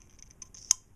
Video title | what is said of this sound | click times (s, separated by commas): Kershaw TX Tool | hear that click that click is the magnet inside here catching onto it okay | 0.7 s